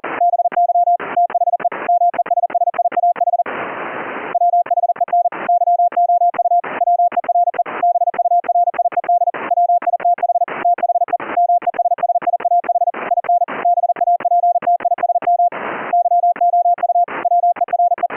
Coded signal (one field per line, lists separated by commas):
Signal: Morse code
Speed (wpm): 40 wpm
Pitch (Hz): 700 Hz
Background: none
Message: BY THE MESSIAH WHEN YOU WERE BURIED WITH THE MESSIAH IN BAPTISM YOU WERE